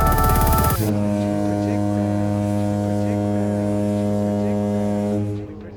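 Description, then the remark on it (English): A single long foghorn blast, a deep, loud, steady drone holding for about five seconds after a brief harsh, buzzy onset, then cutting off abruptly. “That's a long foghorn.”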